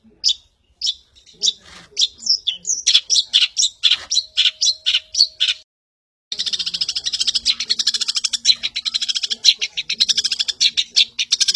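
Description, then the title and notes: Long-tailed Shrike song: varied sharp chirps and whistled notes, a short silence, then a sustained rapid buzzy chatter. Cendet song from a collection of masteran (song tutor) recordings for training cage songbirds. "cendet. Bermacam macam suara kicauan burung Masteran"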